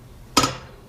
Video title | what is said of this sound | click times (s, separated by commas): IS IT WORTH IT DeWALT DW715 12 SINGLE BEVEL MITER SAW STAND REVIEW AND TEST | locked in on 15. This | 0.4 s